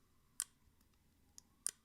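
A CFM Omega folding pocketknife has its blade deployed with two hands, its quietest way to open. The blade locks open into its handle with a short, contained click at 0.4 s. Two more brief sharp clicks follow at 1.4 s and 1.7 s.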